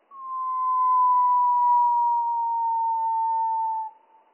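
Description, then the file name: Spotted flycatcher song rendered as one sustained, clear low whistle, sliding gradually lower over nearly four seconds before stopping. Slowed down by three octaves; mono recording. "GOBE MOUCHE GRIS"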